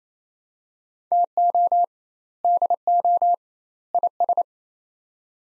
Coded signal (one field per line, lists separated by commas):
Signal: Morse code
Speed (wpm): 28 wpm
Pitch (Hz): 700 Hz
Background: none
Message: TO DO IS